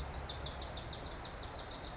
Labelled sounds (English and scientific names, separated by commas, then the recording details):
Pacific Wren (Troglodytes pacificus)
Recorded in Sonoma County, California